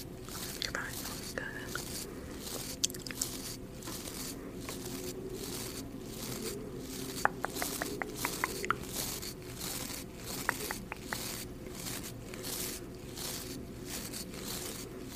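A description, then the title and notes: Makeup being applied, with soft, regular brushing strokes repeating every half second or so throughout. Small sharp clicks and taps cluster around the middle and again near eleven seconds, over a low steady hum. ASMR POV: Best Friend Does Your Makeup for the First Time. Makeup application.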